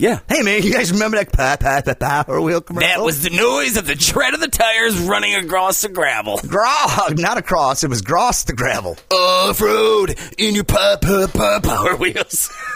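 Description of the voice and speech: Adult male speaker with stuttering. He talks quickly and mostly fluently, then breaks up a phrase with pauses and blocks and repeats the opening 'p' sound several times before finally saying 'power wheels'. These are part-word repetitions, and 'power wheels' is a phrase he gets stuck on.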